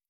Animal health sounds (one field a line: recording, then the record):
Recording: hydrophone in a shrimp aquaculture tank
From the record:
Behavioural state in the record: stressed